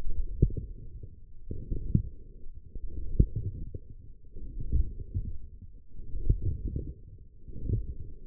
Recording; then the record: forearm muscle sounds (acoustic myography)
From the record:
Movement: forearm pronation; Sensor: system 1, eight BSWA MPA416 microphones around the upper forearm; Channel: 7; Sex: male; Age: 20 years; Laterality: left